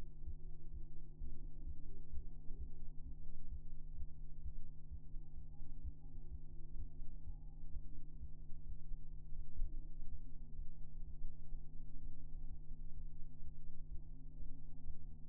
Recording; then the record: fetal heart sounds by stethoscope on the mother's abdomen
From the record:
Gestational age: 33 weeks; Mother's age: 21 years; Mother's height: 151 cm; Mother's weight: 51 kg